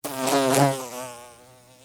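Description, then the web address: Bee wing buzz: a low, rich droning hum that swells quickly, peaks loudly, then dwindles away as the insect flies past. Bee flying by and taking off; buzzing of the wings. "Blastwave. Bee, Fly, By, Wings, Buzz, Take, Off, Insect, Bug"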